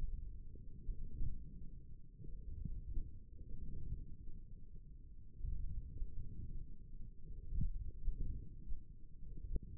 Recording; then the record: forearm muscle sounds (acoustic myography)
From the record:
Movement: wrist flexion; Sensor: system 1, eight BSWA MPA416 microphones around the upper forearm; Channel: 1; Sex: male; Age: 28 years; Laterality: right